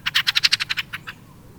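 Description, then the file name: Fieldfare chattering call: a rapid series of about ten harsh, rasping chack notes, fading and slowing toward the end, over a quiet background. "Cesena"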